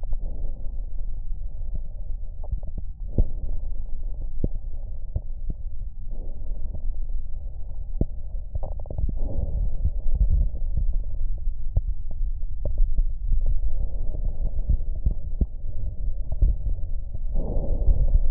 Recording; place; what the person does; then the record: lung sounds by stethoscope; left posterior basal chest; quiet breathing, then deep breathing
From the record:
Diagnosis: interstitial lung disease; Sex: female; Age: 61 years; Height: 155 cm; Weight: 75.5 kg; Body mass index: 31.4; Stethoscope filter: extended mode